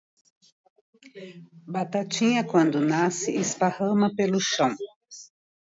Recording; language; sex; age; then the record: short text; Brazilian Portuguese; female; 60 to 69 years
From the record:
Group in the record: control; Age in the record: 64 years